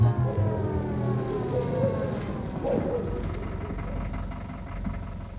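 A black-and-green Mercedes 220 police car with a blue alarm light rolls to a stop at an Aral petrol station in July heat, its engine pitch sliding downward before settling into a steady, low idling rumble that continues unbroken to the end.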